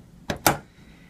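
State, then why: Seated. A safe lock's entry keypad is pressed onto the hub of the spindle after the battery is fitted. A sharp click sounds at 0.3 s, followed by a louder snap at 0.5 s as the keypad seats on the hub.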